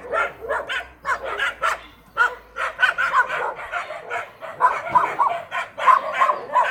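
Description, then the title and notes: A pack of dogs barks rapidly and unevenly. Dogs at 13 Chemin des Filaos, Cilaos, Réunion, recorded 17 December 2018 around 18:05. "13 Chemin Des Filaos, Réunion - chiens. À Cilaos on s'entoure de chiens"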